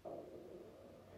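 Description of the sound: A single loud, drawn-out, low gurgling rumble lasts just over a second, loudest at its start and then fading slightly. It is ordinary stomach rumbling (borborygmi) in an adult woman, the sound of gas and fluid moving through the gut, occurring with poor appetite and nausea around ovulation. No speech is heard over it.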